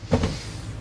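A hammer strikes a pull bar hooked over the end of a laminate or vinyl floor plank near the wall, driving its click-lock joint toward the adjoining plank. Two dull, low thumps land at about 0.1 and 0.2 s, then fade into a quiet tail. Nothing has seated or clicked yet.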